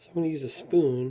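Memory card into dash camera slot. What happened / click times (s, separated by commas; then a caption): Handled, not yet home: no seating click heard / none. A micro SD memory card is being pushed back into the card slot of an Old Shark high definition 1080 dash camera using a spoon. Someone talks throughout the short clip. Nothing has seated or clicked yet.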